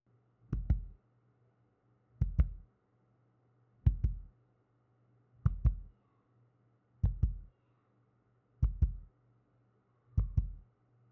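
Seven evenly spaced low thuds, each a quick lub-dub pair, repeat at about 37 beats a minute against a faint steady hum. These are an adult's heartbeat sounds, with the two heart sounds clearly heard in each beat.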